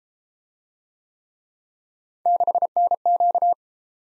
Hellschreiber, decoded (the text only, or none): none